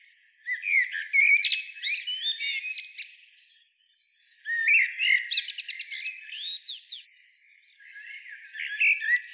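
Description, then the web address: Eurasian blackbird song in three bursts of rich warbling and rapid, high chattering twitters with short gaps between, the last cut off. "SETE Turdus merula"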